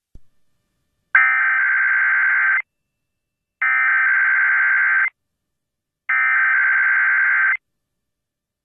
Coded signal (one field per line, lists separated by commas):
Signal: Emergency Alert System (SAME) tones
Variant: header bursts